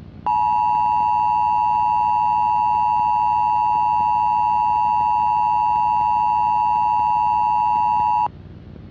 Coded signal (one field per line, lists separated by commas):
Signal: Emergency Alert System (SAME) tones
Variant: 853 and 960 Hz attention tone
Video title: IXL’s reawakening | a EAS scenario